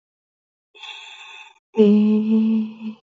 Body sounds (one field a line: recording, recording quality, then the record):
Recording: sustained vowel as in made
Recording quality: excellent, no background noise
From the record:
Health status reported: healthy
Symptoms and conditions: sore throat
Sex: female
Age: 20 years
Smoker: not ticked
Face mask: not worn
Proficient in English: yes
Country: India